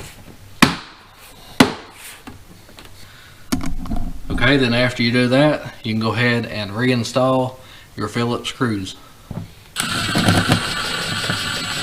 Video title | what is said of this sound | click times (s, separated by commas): How To Remove/Install 97-01 Jeep Cherokee Door Panel | just push on it till you hear it pop okay | 0.6 s, 1.6 s